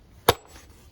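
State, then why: Released. The third spring clip on the engine air filter housing lid is unclipped by hand and snaps open with one sharp, bright snap at 0.3 s, followed by quiet. The clip is released.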